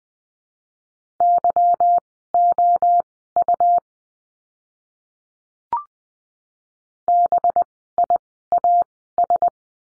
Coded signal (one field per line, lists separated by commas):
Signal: Morse code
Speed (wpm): 20 wpm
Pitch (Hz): 700 Hz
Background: none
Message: YOU BIAS